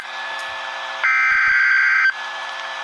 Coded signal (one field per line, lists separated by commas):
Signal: Emergency Alert System (SAME) tones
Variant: header bursts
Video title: Severe Thunderstorm Warning (EAS #334)